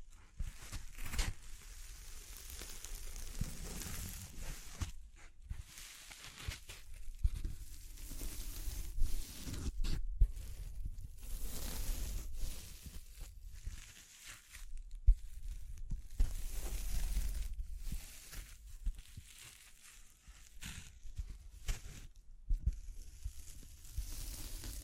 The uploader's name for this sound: Tapping, Scratching, Brushing, Crinkles